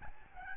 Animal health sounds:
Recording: mosquito wingbeat signal from an infrared sensor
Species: Aedes albopictus

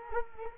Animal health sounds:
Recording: mosquito wingbeat signal from an infrared sensor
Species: Culex quinquefasciatus

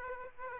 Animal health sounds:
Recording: mosquito wingbeat signal from an infrared sensor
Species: Aedes aegypti

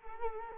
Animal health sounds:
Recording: mosquito wingbeat signal from an infrared sensor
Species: Culex quinquefasciatus

